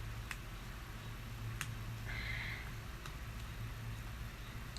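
A driver backs a small screw out of the handle frame of a cheap folding knife, and sharp ticks are heard at 0.3 s and 1.6 s as the bit slips. The screw head strips out completely under the driver.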